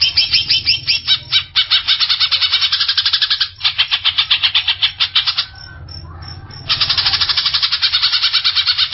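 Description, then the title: Greater Green Leafbird singing a loud, rapid series of harsh pulsed notes, briefly interrupted by a softer pause before the fast chattering resumes. "Cucak ijo"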